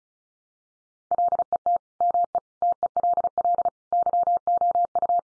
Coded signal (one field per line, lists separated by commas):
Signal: Morse code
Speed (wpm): 34 wpm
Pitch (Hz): 700 Hz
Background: none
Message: LET ME TELL YOU